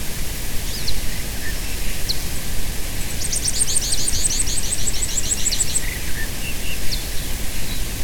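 Bird giving a high, fast trill of many even notes lasting a few seconds, with scattered short chirps before and after, over a low rumbling background.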